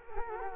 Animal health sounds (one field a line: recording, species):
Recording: mosquito wingbeat signal from an infrared sensor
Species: Culex quinquefasciatus